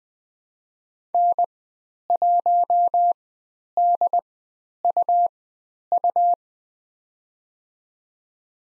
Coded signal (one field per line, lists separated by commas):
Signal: Morse code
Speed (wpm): 20 wpm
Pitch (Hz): 700 Hz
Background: none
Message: N1DUU